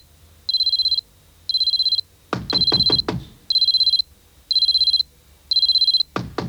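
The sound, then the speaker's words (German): An alarm clock rings in six regular, shrill electronic bursts, each about half a second, with a flurry of sharp clattering knocks in the middle and another at the end, as someone grabs the clock and its battery falls out. “Griff nach der Uhr. Die Batterie fällt aus dem Wecker.”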